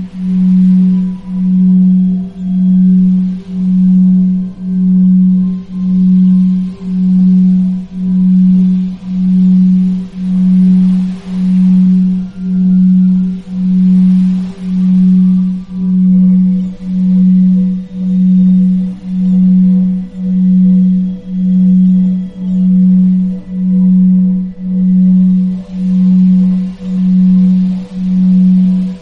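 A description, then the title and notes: A low, pure hum of binaural beats holds one steady pitch throughout, swelling and fading in a slow, even pulse a little more often than once a second. Faint higher tones ring quietly above it, with soft airy washes drifting in and out behind. PROGRAMMED AUDIO - BINAURAL BEATS BOOSTER!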